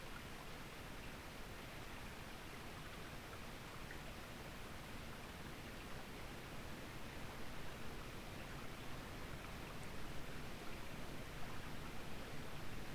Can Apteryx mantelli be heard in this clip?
no